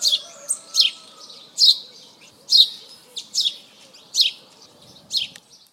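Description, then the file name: House sparrow giving loud, harsh chirps, several in a somewhat irregular series. "Passer domesticus"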